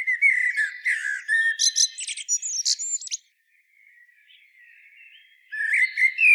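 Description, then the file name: Common blackbird giving warbled phrases mixed with high squeaky twitters, then a pause before more warbling resumes. "Turdus merula"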